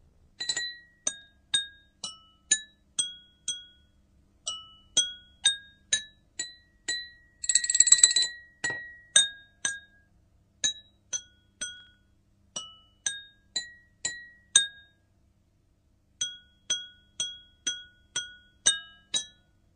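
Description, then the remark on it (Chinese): A tune tapped out on a row of ten champagne glasses holding graded amounts of liquor, from empty to full: steady, bright, ringing clinks at shifting pitches, a quick flurry midway and a short pause near the end. “你入去咧推十个香槟杯出嚟，入面嗰啲酒咧要系一级级咁样嘅，由冇至到满晒个杯，等阿大明表演算做赔罪啊！”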